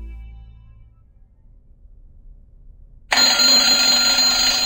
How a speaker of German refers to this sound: Auf der Mir werden wir jeden Morgen vom Dröhnen des Master-Alarms geweckt. Und ich meine Dröhnen. Keine schöne, passend ausgesuchte Aufwachmusik wie im Shuttle.